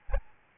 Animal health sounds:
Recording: mosquito wingbeat signal from an infrared sensor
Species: Aedes albopictus

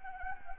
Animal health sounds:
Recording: mosquito wingbeat signal from an infrared sensor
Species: Anopheles gambiae

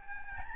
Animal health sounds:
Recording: mosquito wingbeat signal from an infrared sensor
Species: Aedes albopictus

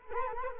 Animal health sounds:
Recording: mosquito wingbeat signal from an infrared sensor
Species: Culex quinquefasciatus

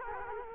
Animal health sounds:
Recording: mosquito wingbeat signal from an infrared sensor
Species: Culex quinquefasciatus

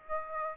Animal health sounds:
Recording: mosquito wingbeat signal from an infrared sensor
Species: Aedes aegypti

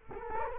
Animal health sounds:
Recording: mosquito wingbeat signal from an infrared sensor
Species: Culex quinquefasciatus

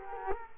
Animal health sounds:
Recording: mosquito wingbeat signal from an infrared sensor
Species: Culex quinquefasciatus

